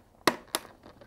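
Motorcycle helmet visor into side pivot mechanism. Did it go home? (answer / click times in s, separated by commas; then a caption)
yes / 0.3 s, 0.5 s. The visor of an LS2 Challenger motorcycle helmet is fitted by setting its front tab into the runner of the helmet's plastic side pivot mechanism, then pressing the back. Two sharp snaps are heard at 0.3 s and 0.6 s, the first louder, with faint ticks around them. The visor clicks home and is seated in the mechanism.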